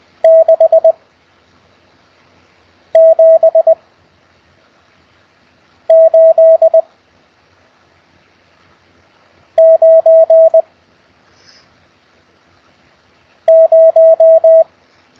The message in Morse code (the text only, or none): 6 7 8 9 0